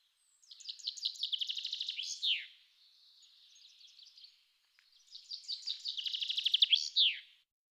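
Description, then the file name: Common chaffinch song, two rapid trills with flourished endings, a faint thin sound between them. "vink"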